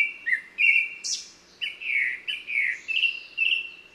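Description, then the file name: Japanese thrush singing a series of fluting whistled notes, some slurred downward, with a brief high squeaky note early on; steady phrases over a quiet background. "kurotsugumi"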